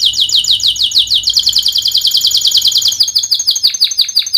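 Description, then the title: Canary song, a rapid rolling trill of repeated high downslurred notes, then somewhat slower notes. Vigorously singing (gacor) canary, praised for the best cengkok song phrasing and the most luxurious isian fill-in notes; Indonesian songbird-keeping (kicaumania) context. "Kenari Gacor Cengkok Terbaik Isian Paling Mewah Kenarigacor Kicaumania Kenari"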